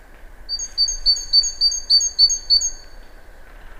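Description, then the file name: Great tit call, a rapid series of clear, high, even notes over steady background noise. "Parus major"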